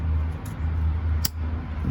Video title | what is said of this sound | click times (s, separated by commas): How to Replace Spark Plugs and Valve Cover Gasket on a Mitsubishi Eclipse 2.4 2000-2005 | Connector, electrical connection right here. Make sure it clicks in. | 1.3 s